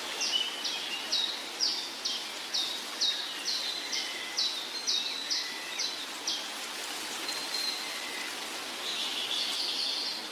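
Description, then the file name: Bird song: a regular string of bright, high chirps about two a second, joined by lower notes and a brief burst of warbling near the end, over hiss. Trills and songs of birds in the morning. "Sons d oiseaux - Trilles et chants du matin"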